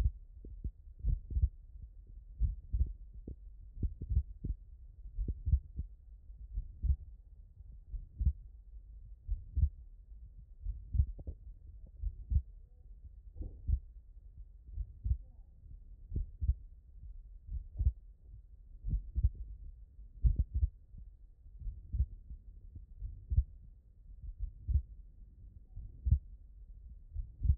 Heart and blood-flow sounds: heart sounds by stethoscope; tricuspid valve (TV)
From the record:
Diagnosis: HFrEF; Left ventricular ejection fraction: 30%

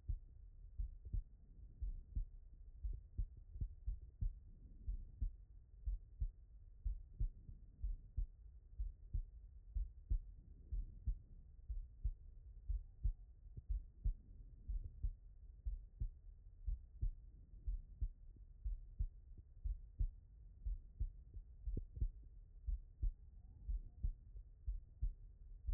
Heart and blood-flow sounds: heart sounds by stethoscope; pulmonary valve (PV)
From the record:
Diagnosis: non-HFrEF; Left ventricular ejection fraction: 65%

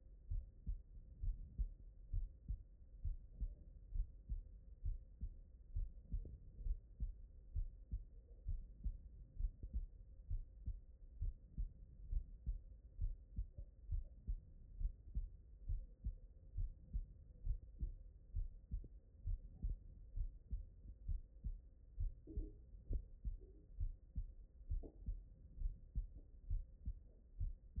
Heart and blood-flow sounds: heart sounds by stethoscope; mitral valve (MV)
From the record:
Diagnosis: non-HFrEF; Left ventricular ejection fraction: 58%

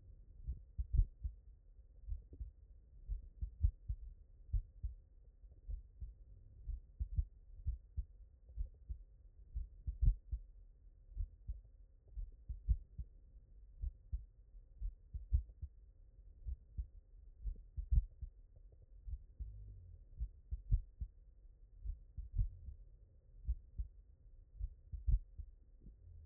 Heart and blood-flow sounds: heart sounds by stethoscope; mitral valve (MV)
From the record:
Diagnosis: non-HFrEF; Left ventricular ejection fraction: 67%

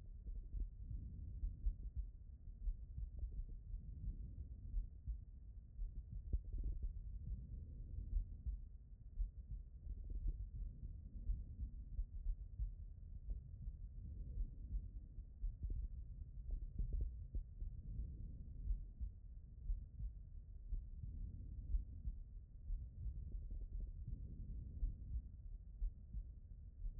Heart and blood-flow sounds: heart sounds by stethoscope; aortic valve (AV)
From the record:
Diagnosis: non-HFrEF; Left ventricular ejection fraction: 70%

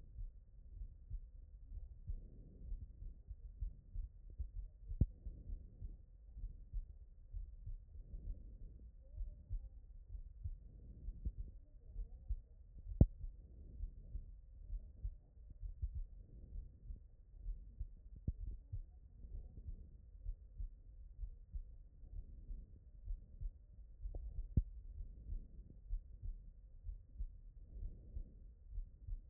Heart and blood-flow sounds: heart sounds by stethoscope; aortic valve (AV)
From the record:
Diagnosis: non-HFrEF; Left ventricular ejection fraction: 43%

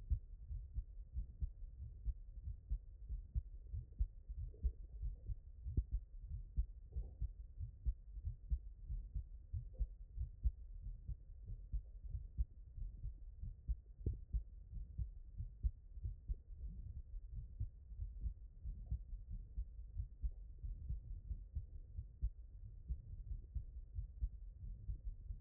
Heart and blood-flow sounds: heart sounds by stethoscope; tricuspid valve (TV)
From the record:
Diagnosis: HFrEF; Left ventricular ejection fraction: 27%

